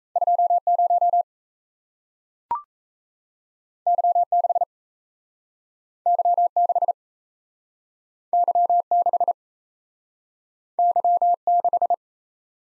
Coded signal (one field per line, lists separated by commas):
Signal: Morse code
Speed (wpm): 38 wpm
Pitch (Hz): 700 Hz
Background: none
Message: 2 0 Y 6 Y 6 Y 6 Y 6